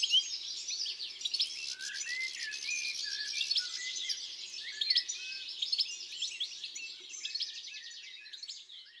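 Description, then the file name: European goldfinch song, a long stream of bright twittering and chattering notes, high and busy throughout, with a faint low hum underneath. "Chardonneret elegant"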